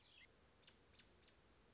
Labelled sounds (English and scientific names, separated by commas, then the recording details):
American Robin (Turdus migratorius)
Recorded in Sonoma County, California